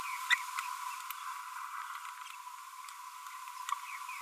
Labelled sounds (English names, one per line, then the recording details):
Green-rumped Parrotlet babbling
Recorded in a nest box in Venezuela
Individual 18B25A4